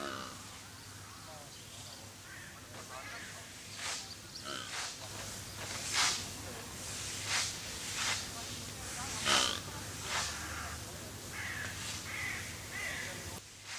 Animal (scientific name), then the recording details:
Oryx dammah. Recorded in captivity. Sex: female. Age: adult. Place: Zoo Berlin, Berlin, DE. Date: 2003-09-05 14:14. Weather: fair, ca. 22°C. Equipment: Fair Mate ST-1328 (Asahi Electronics, Japan), Sennheiser ME 80, Kopie Uher 4000 Report Monitor. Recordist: Tembrock, Günter